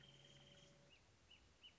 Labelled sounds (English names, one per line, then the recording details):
Wrentit
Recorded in Sonoma County, California